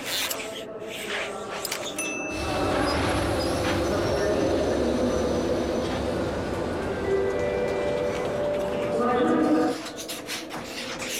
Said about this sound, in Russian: Железнодорожный вокзал. В депо стоят поезда. Множество людей ходят по залу.